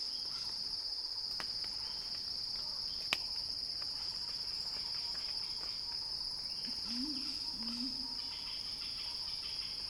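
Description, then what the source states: Steady shrill cicada drone with a pulsing upper layer, two sharp clicks in the first seconds and a short low two-part sound later. Cicadas heard in a crescendo; recorded by Axel Drioli.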